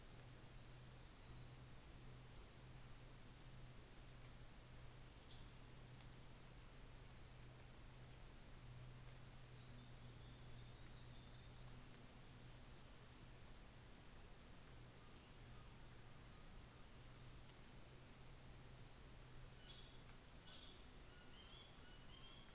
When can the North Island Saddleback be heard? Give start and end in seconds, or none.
19.58-20.06